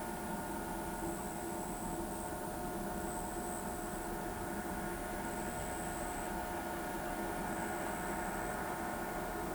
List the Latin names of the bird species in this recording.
none